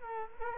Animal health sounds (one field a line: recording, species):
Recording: mosquito wingbeat signal from an infrared sensor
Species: Culex quinquefasciatus